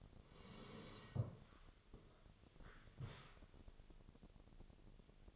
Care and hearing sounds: daily activity, microphone in the room; sit down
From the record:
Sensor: 4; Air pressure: 1001.3 hPa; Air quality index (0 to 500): 181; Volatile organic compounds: 2 ppm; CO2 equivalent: 1297 ppm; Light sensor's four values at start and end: 14/32/13/13 and 14/32/13/13

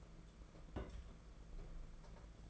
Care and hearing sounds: daily activity, microphone in the room; place on stove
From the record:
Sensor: 5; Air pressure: 992.1 hPa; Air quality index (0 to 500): 210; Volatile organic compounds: 1000 ppm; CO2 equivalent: 6098 ppm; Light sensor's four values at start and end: 6/16/6/7 and 6/15/6/7

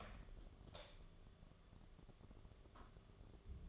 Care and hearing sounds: daily activity, microphone in the room; light off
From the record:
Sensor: 4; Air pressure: 1011.1 hPa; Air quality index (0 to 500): 145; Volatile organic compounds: 3 ppm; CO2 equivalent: 1485 ppm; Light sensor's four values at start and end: 159/416/176/183 and 159/414/175/182

